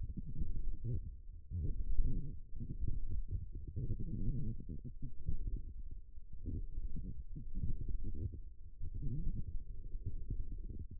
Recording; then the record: forearm muscle sounds (acoustic myography)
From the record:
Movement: forearm pronation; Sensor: system 1, eight BSWA MPA416 microphones around the upper forearm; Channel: 3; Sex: female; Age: 21 years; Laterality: right